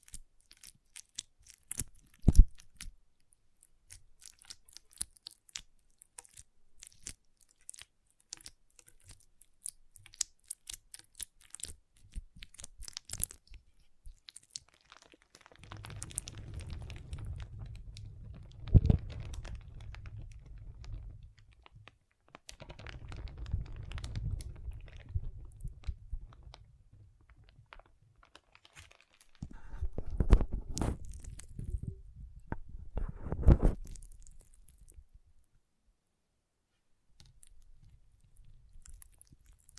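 Water beads click and crunch in quick, sparse bursts, with low squishing rumbles around 16–23 and 30–34 seconds between quieter stretches.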